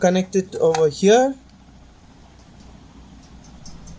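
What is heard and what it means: Someone talks briefly, then quiet handling of a slimline SATA power connector at a laptop drive caddy inside a small form factor PC, with a faint tick near 3.7 s. Nothing has seated or clicked yet.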